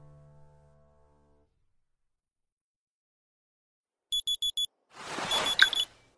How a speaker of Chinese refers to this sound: 清晨七点，闹钟震动第一声的时候，周迷就醒了，一把摸出枕下手机掐掉闹钟